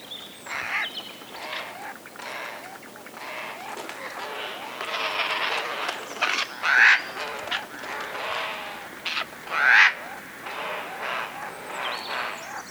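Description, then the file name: Eurasian jay giving several loud, harsh rasping screeches over a steady broad background hiss. "Garrulus glandarius"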